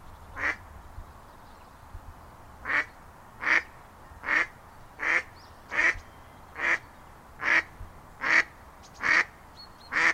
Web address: Tierstimmen Stockente